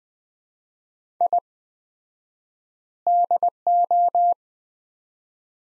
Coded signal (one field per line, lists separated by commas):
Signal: Morse code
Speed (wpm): 20 wpm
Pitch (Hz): 700 Hz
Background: none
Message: I DO